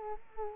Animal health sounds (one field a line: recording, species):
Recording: mosquito wingbeat signal from an infrared sensor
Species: Culex quinquefasciatus